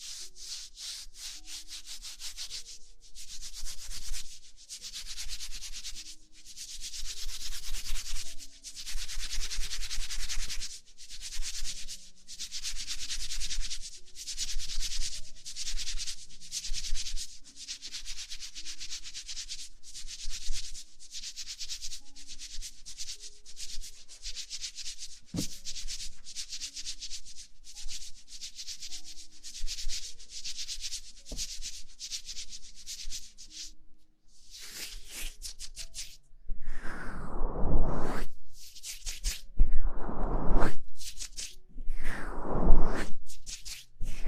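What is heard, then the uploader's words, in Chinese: Rhythmic rubbing of stocking-gloved hands in a massage, each stroke a bright, hissing swish repeating about once a second. Faint low tones sit underneath. Near the end, around 36 seconds, the strokes grow louder, fuller and more sweeping. 黑白双丝丝袜手套按摩。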